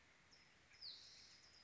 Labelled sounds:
California Towhee (Melozone crissalis)
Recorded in Sonoma County, California

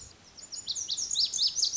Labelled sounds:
Lazuli Bunting (Passerina amoena)
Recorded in Sonoma County, California

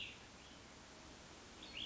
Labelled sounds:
Cassin's Vireo (Vireo cassinii)
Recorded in Sonoma County, California

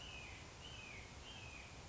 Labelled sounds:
Red-shouldered Hawk (Buteo lineatus)
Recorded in Sonoma County, California

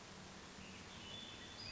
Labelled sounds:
Western Flycatcher (Empidonax difficilis)
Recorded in Sonoma County, California

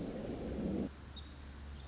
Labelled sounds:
Pacific Wren (Troglodytes pacificus)
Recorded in Sonoma County, California

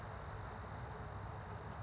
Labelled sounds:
California Towhee (Melozone crissalis)
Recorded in Sonoma County, California

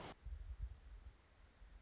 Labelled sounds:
Anna's Hummingbird (Calypte anna)
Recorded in Sonoma County, California

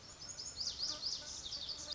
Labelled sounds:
Lazuli Bunting (Passerina amoena)
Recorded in Sonoma County, California

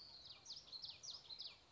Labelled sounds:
Common Yellowthroat (Geothlypis trichas)
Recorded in Sonoma County, California

